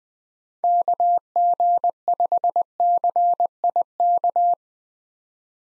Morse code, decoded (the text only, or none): KG5CIK